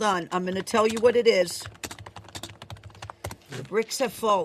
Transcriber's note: keyboard clacking